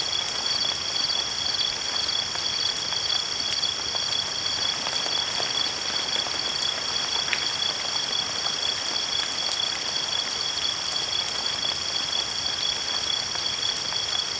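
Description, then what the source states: Crickets trilling in a steady, continuous high chorus of several fixed tones, over a constant hiss of falling rain. Crickets with rain.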